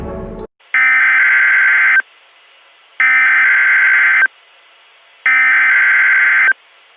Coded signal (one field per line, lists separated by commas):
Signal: Emergency Alert System (SAME) tones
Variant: header bursts